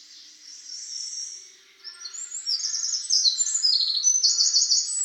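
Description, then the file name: Eurasian wren song: fast, high trills that grow louder toward the end. "Troglodytes troglodytes"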